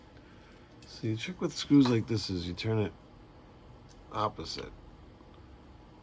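A steel side plate screw on a Colt Army Special revolver is handled before being turned backwards (counter-clockwise) so its thread start drops into the frame thread. Someone talks over the faint handling noise. Nothing has seated or clicked yet.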